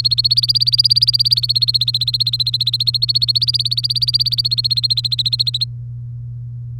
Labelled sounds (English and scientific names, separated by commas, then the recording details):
Domestic Canary (Serinus canaria) song
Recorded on 3 May 2018 at 09:24
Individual llb3